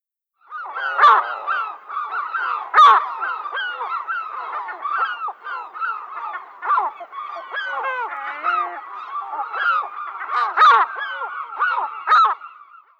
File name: Goéland-argenté